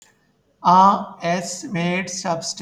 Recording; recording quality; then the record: sustained vowel as in made; poor, much background noise or distortion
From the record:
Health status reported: healthy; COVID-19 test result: not tested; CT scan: not taken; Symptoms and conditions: cold, fatigue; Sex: male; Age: 30 years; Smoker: no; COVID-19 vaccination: both doses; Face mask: worn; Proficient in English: yes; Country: India